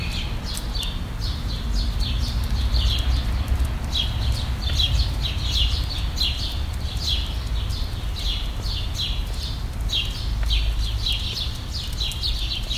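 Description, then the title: High bird chirps repeat in quick runs with short breaks, set against a constant low rumbling background. "Birds Chirping Meditation"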